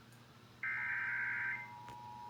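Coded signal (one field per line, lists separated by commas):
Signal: Emergency Alert System (SAME) tones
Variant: header bursts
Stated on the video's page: Valid SAME tones from a North Carolina Required Monthly Test, relayed via Open CAP.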